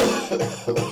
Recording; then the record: coughing mixed with background sound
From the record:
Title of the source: Cough Around the Clock!